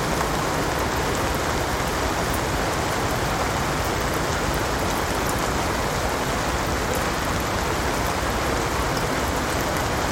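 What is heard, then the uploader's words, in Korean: Soft summer rain falls steadily on a houseboat and the nearby canal water, a dense, even patter with no breaks across the whole stretch. Fine ticking drops sit on top of a low, hushed wash, with faint city noise blended far underneath. 부드러운 여름비 ASMR | 도시 운하의 분위기. 유트레흐트의 매력적인 운하에 정박된 아늑한 하우스보트로의 평화로운 탈출을 경험하세요. 비가 물 위를 부드럽게 두드리면서, 도시의 미묘한 생활과 조화를 이루어 고요한 멜로디를 만들어냅니다. 하우스보트와 인근 수로 위에서 부드럽게 춤추는 비의 리듬은 먼 도시의 소음과 어우러집니다.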